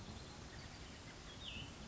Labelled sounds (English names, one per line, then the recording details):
Cassin's Vireo
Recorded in Sonoma County, California